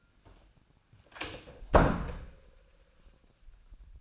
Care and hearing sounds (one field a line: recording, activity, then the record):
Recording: daily activity, microphone in the room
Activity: close door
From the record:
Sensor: 2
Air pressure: 1009.2 hPa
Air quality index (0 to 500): 186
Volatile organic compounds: 3 ppm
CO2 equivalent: 1353 ppm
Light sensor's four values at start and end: 30/80/34/36 and 30/79/33/35